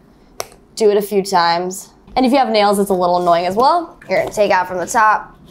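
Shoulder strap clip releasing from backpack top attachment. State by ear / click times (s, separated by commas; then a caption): released / 0.4 s. The shoulder strap's top attachment clip on a Baboon to the Moon Go Bag Mini 32L backpack is pushed down hard and clicks open at 0.4 s, releasing the strap so it can be detached for duffel mode. A sharp click is followed by someone talking.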